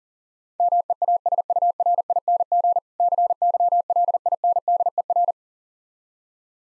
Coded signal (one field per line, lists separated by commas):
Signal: Morse code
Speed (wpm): 37 wpm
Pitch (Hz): 700 Hz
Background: none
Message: MEASURING CYLINDER